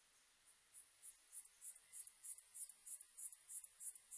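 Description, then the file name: Hosokubi-tsuyumushi katydid call: very high, short chirps repeated steadily about three times a second, growing louder at first and then staying level, in quiet surroundings. Recorded on 2 September 2006. "060902 hosokubituyumusi"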